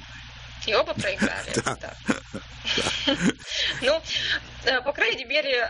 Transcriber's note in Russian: смеются